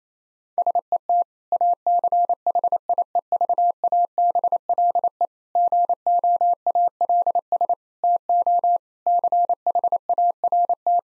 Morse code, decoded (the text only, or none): SET ACHIEVABLE GOALS TO CHART